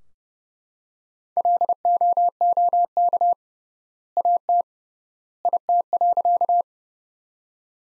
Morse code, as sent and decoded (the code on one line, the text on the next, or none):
.-.. --- --- -.- / .- - / .. - .-.-.-
LOOK AT IT.